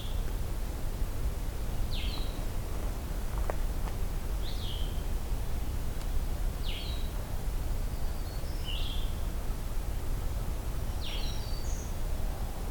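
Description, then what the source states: Blue-headed Vireo song: short slurred whistled phrases repeated every two seconds or so over steady low rumbling background noise. Heard on an overcast morning walk at an old hunt camp, with slight wind and rain forecast; the morning chorus was subdued by the overcast.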